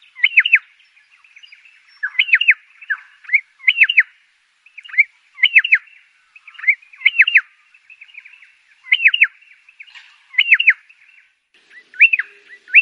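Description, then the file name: Pardalote singing a short clipped phrase of quick descending chirps, repeated many times, with quiet twitters in the gaps. "canto do pardalote"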